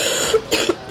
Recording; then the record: coughing mixed with background sound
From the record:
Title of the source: 55 gaggy wet cough